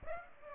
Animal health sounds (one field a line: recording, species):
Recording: mosquito wingbeat signal from an infrared sensor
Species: Aedes aegypti